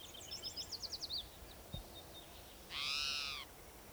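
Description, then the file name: Spotted Towhee giving a single harsh, drawn-out cry, after a fast run of high trilled notes. Towhee number 7 giving cries; 27 Jun 2006, Slate Mountain Trail at Gibson Jack Creek, Bannock County, Idaho. "Cicero 27 Jun 2006 Pmaculatus"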